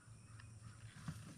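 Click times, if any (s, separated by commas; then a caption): none. An electrical connector for the air intake sensor on the engine air filter housing of a 2011-2017 Honda Odyssey is handled during reassembly, with a faint tick at 0.4 s over a low background hum. Nothing has seated or clicked yet.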